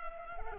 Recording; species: mosquito wingbeat signal from an infrared sensor; Culex pipiens